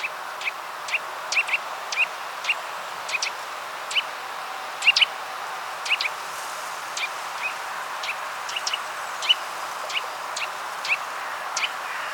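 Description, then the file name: Eurasian nuthatch calls, short rising notes repeated fairly steadily, some doubled, over background hiss. "Sitta europaea"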